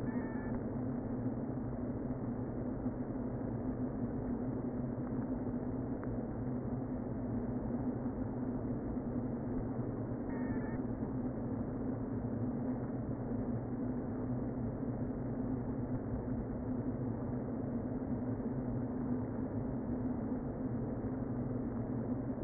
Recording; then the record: honeybee colony, microphone inside the hive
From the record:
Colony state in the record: queen present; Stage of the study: before two queens were removed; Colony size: about 60,000 bees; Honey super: yes